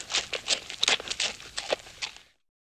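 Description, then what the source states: Horse hoofbeats, a brief run of sharp irregular knocks and scuffs lasting about two seconds before the sound stops. Horse moving at a medium pace, with a pause in the hoofbeats.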